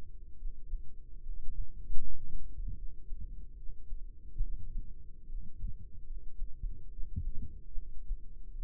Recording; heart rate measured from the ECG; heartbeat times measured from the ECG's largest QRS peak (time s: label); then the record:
heart sounds by microphone in the right ear; 74 bpm
0.35 s: heartbeat
1.21 s: heartbeat
1.97 s: heartbeat
2.74 s: heartbeat
3.54 s: heartbeat
4.40 s: heartbeat
5.26 s: heartbeat
6.04 s: heartbeat
6.89 s: heartbeat
7.73 s: heartbeat
8.50 s: heartbeat
From the record:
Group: healthy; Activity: rest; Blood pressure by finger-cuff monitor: 106/76 mmHg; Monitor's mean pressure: 83 mmHg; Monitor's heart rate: 71 bpm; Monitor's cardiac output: 4.6 L/min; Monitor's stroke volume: 65 mL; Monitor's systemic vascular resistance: 1310 dyn s/cm5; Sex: male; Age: 20 years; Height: 167 cm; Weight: 61 kg